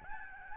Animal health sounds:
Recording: mosquito wingbeat signal from an infrared sensor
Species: Aedes albopictus

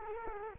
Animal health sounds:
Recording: mosquito wingbeat signal from an infrared sensor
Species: Culex quinquefasciatus

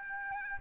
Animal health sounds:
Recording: mosquito wingbeat signal from an infrared sensor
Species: Aedes albopictus

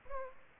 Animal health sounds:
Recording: mosquito wingbeat signal from an infrared sensor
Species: Aedes aegypti

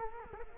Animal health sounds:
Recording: mosquito wingbeat signal from an infrared sensor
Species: Culex quinquefasciatus

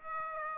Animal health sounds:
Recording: mosquito wingbeat signal from an infrared sensor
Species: Aedes aegypti

